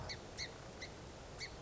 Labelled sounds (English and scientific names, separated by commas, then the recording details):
Song Sparrow (Melospiza melodia)
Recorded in Sonoma County, California